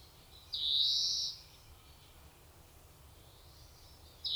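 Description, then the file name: European greenfinch with a single long, buzzy, wheezing note lasting almost a second, and a second wheeze just beginning at the end. "Chloris chloris"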